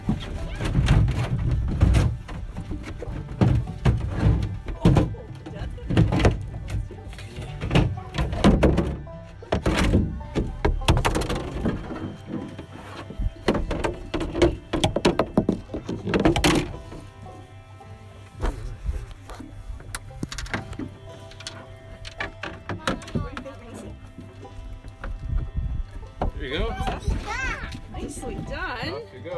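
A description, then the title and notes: On a small island in Newfoundland's Bay of Exploits, irregular thumps and knocks over a low rumble give way to a steady hum and brief warbling calls. Monica Kidd does this every summer when she travels to her family's cabin on a small island in the Bay of Exploits, Newfoundland.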